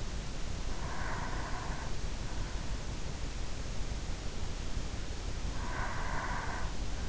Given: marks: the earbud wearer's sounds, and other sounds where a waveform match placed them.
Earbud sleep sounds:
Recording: sounds in sleep by an in-ear microphone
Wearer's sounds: breath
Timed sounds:
0.91-2.29 s: breath
4.97-7.09 s: breath

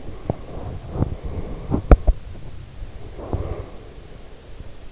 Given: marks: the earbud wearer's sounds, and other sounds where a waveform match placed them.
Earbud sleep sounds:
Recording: sounds in sleep by an in-ear microphone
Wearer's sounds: teeth grinding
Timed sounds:
0.20-4.25 s: teeth grinding

